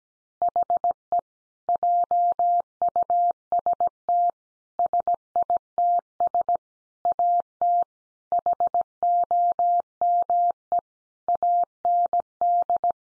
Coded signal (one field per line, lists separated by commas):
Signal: Morse code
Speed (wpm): 17 wpm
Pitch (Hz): 700 Hz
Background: none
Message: HE JUST SITS AT HOME AND